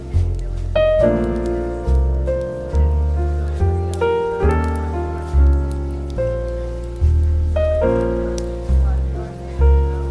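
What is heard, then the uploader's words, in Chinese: Relaxed jazz plays, with deep bass notes and soft chords changing roughly every second, under a faint patter like rain or murmuring. 咖啡馆氛围与轻松舒缓的爵士音乐。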